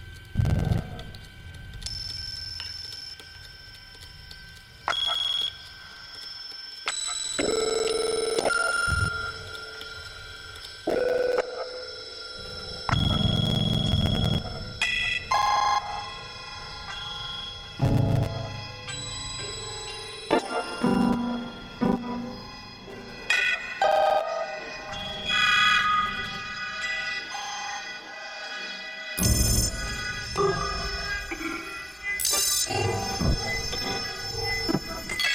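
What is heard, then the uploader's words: A spaceship sleep chamber ambience of electronic tones, with high, thin ringing lines and chirping, bell-like beeps layered over a steady bed of hiss. Low thuds and swells surface every few seconds, and the texture keeps shifting without settling into a regular pattern. The Ambient Spaceship Soundscape.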